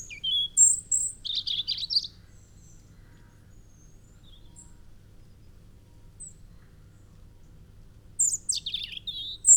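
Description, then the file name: European robin singing high, thin, tumbling phrases with a buzzy trill, a long silent gap, then a further twittering phrase. "Erithacus rubecula"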